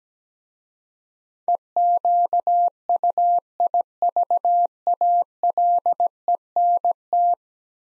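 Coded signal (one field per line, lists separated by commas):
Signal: Morse code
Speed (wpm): 17 wpm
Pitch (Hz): 700 Hz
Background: none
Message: EQUIVALENT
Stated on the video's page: Morse practice of 10-letter words at 17 wpm, each word sent twice in Morse around spoken prompts.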